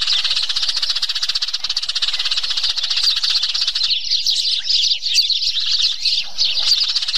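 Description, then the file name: Sparrow chatter: steady, high, buzzy chirping that breaks into clearer, separate sharp chirps in the second half. "tieng se chuan"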